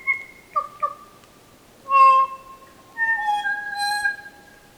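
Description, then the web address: Kokako song: a few short clipped notes, then long, loud, organ-like tones with strong harmonics, slightly falling. "sound kōkako. صدای-پرنده-کوکاکو"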